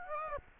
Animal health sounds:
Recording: mosquito wingbeat signal from an infrared sensor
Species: Aedes aegypti

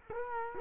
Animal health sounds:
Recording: mosquito wingbeat signal from an infrared sensor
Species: Culex quinquefasciatus

